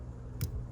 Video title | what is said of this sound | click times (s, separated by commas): How to splice/replace 7 pin wires and plug W204 | Yep, just heard it click, and then go to the top. | 0.4 s